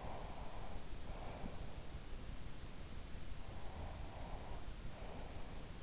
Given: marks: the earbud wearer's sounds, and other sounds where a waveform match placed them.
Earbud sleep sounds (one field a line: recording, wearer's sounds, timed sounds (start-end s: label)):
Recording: sounds in sleep by an in-ear microphone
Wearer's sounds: breath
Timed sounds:
0.00-1.89 s: breath
3.61-5.82 s: breath